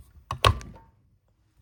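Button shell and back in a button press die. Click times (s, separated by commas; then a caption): 0.3 s, 0.4 s. The handle of a manual VEVOR button maker is pushed all the way down to press a metal button shell and back together in the button press die. Two sharp clunks are heard at 0.3 s and 0.4 s as the handle bottoms out, followed by a short metallic ring that fades. The button is pressed closed.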